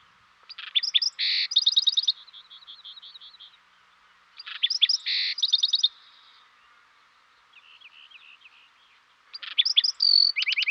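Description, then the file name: Black-throated sparrow singing three phrases of sharp notes and fast trills, with softer twittering between them, the last phrase cut off. "dan gibsons solitudes black throated sparrow"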